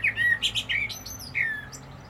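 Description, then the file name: Common blackbird song fragment of warbled whistles and sharp high twitters, delivered quickly, with a slurred whistle near the end and steady low hum beneath. "Turdus merula"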